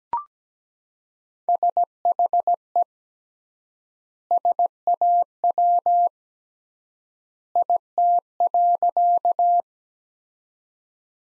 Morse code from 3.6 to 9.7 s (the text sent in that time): SAW IT.